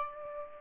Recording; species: mosquito wingbeat signal from an infrared sensor; Aedes aegypti